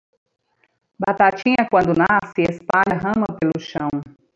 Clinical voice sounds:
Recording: short text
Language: Brazilian Portuguese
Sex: female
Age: 30 to 39 years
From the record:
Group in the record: control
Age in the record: 37 years

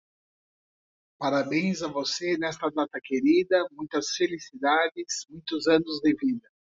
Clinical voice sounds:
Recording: short text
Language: Brazilian Portuguese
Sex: female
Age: 50 to 59 years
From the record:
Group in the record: control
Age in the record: 51 years

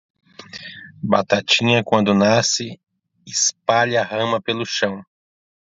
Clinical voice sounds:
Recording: short text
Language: Brazilian Portuguese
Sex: male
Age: 40 to 49 years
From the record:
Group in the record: control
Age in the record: 42 years

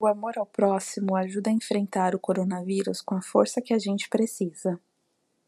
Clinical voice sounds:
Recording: spoken sentence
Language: Brazilian Portuguese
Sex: female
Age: 30 to 39 years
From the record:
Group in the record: control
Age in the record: 33 years

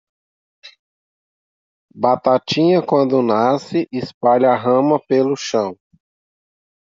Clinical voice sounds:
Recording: short text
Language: Brazilian Portuguese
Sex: male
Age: 30 to 39 years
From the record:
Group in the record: control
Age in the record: 39 years

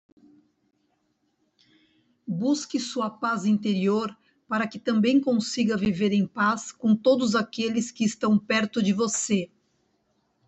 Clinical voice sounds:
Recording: short text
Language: Brazilian Portuguese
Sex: female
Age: 40 to 49 years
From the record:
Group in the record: control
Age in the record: 49 years

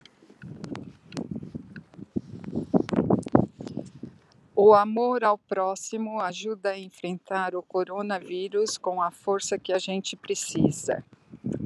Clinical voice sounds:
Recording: spoken sentence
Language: Brazilian Portuguese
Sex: female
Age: 60 to 69 years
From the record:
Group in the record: control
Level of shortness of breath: 0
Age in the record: 64 years

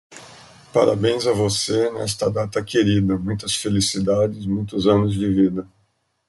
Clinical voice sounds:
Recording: short text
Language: Brazilian Portuguese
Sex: male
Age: 40 to 49 years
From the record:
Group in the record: control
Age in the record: 46 years

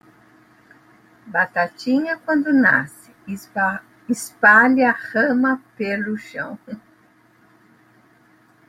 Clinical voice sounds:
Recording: short text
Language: Brazilian Portuguese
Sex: female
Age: 60 to 69 years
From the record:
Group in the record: control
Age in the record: 65 years

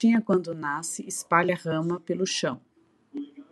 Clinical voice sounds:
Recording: short text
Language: Brazilian Portuguese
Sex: female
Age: 50 to 59 years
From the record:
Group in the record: control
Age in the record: 53 years

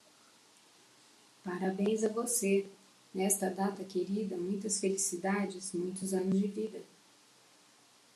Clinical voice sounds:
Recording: short text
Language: Brazilian Portuguese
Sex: female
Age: 50 to 59 years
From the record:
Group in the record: control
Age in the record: 52 years

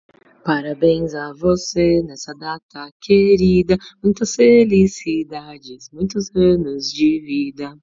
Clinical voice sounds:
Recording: short text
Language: Brazilian Portuguese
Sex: female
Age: 30 to 39 years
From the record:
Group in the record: control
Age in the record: 31 years

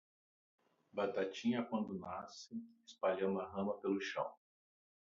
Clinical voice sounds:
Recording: short text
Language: Brazilian Portuguese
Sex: male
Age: 60 to 69 years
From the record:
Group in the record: control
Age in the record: 60 years

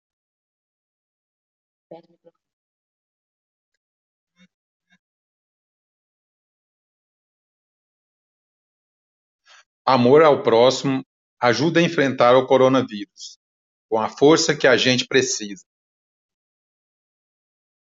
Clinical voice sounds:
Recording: spoken sentence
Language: Brazilian Portuguese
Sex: male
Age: 50 to 59 years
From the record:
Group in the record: control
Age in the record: 50 years

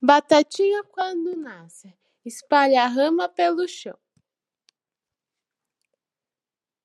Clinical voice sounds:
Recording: short text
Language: Brazilian Portuguese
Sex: female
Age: 18 to 19 years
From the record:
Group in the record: control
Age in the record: 18 years

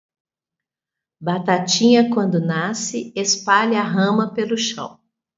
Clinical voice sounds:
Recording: short text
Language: Brazilian Portuguese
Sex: female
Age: 50 to 59 years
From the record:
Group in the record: control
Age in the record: 53 years

